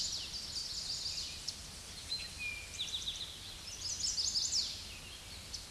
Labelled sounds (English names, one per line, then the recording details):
Eastern Towhee song
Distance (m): 35 m
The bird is about 5 m above the microphone
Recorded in a Pennsylvania forest on 16 May 2024 at 07:51
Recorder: AudioMoth, point MSD-1419
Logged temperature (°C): 16.9 °C
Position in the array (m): 95 m, 157 m